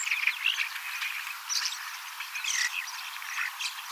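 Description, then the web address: Common starling song, buzzy bursts alternating with short whistled notes and crackling rattles, several birds overlapping. Young starlings singing and practising song, mimicking several other species a little; 18 October 2024. "paivat 18 10 2024 kasittaakseni kottaraisnuoret laulavat lauluharjoittelevat useita lajeja matkivat hiukan"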